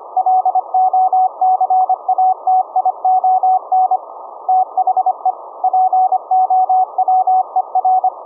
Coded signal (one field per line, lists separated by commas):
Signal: Morse code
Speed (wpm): 25 wpm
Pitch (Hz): 750 Hz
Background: none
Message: LOCATION THE POWER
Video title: Raspberry Pi - Remote VLF CW QRP 1 Watt Transmitter(17.650 Khz) - Compact Delta Loop Antenna